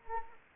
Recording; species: mosquito wingbeat signal from an infrared sensor; Anopheles arabiensis